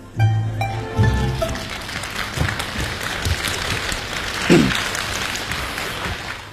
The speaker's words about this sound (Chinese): 从大家的掌声当中看来，对他们这种创新还是比较认可。